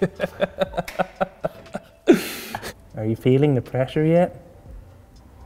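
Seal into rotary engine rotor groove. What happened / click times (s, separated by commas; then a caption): The seal is being handled and has not yet seated / none. During a rotary engine rebuild, a seal (an apex or side seal with its spring) is handled at the groove of the metal rotor, with a run of short light taps in the first two seconds and a brief noisy rustle around 2 seconds. Someone then talks. Nothing has seated or clicked into the groove yet.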